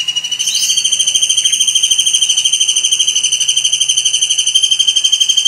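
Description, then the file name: Kingfisher trilling: a continuous, very rapid, shrill pulsing trill held on a steady high pitch throughout. "suara burung tengkek udang"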